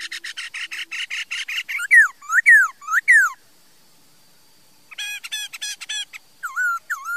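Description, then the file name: Laughingthrush song: rapid short notes lead into loud downslurred whistles, then a silence before fast chattering notes and twisting whistles. "Tieng khuou hot"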